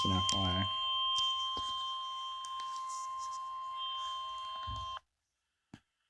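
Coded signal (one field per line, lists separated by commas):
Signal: Emergency Alert System (SAME) tones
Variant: 1050 Hz attention tone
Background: speech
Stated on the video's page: Tornado warning for Baldwin, Alabama received from NOAA weather radio station KEC86.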